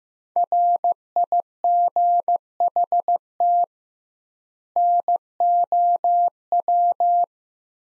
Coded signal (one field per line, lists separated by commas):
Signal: Morse code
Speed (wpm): 15 wpm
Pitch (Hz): 700 Hz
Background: none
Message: RIGHT NOW